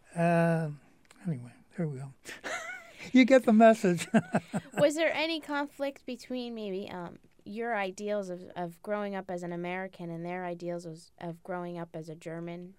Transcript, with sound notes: Anyway there we go, you get the message. (he laughs)
Was there any conflict between maybe your ideals as growing up as an American and their ideals of growing up as an German?